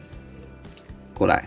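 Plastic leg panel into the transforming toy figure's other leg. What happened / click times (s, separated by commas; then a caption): The plastic panel is being handled but has not yet snapped into place / none. Someone talks while handling a plastic leg panel, folding it over toward the other leg of a Transformers Legacy Deluxe Class Arcee transforming toy figure, with faint plastic handling ticks near 0.8 and 0.9 seconds. A louder burst of voice follows around 1.2 to 1.4 seconds. The panel has not clipped or seated yet.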